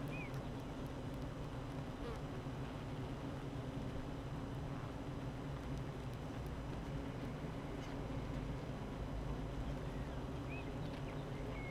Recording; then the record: honeybee colony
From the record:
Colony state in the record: active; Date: 12 June 2018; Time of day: 8:23